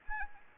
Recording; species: mosquito wingbeat signal from an infrared sensor; Anopheles arabiensis